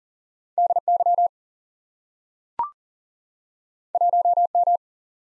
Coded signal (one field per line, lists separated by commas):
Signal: Morse code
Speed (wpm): 40 wpm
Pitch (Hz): 700 Hz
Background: none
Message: DY 1M